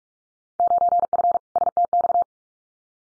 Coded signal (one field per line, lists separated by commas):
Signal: Morse code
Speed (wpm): 44 wpm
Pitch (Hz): 700 Hz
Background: none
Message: 9F STX